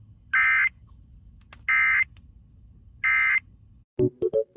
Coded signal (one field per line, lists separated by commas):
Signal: Emergency Alert System (SAME) tones